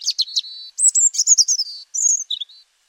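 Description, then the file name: European robin song: quick chirpy notes and a steady whistle, then a very high sustained note breaking into fast twittering, another high note and a short lower flourish at the end. "Erithacus rubecula"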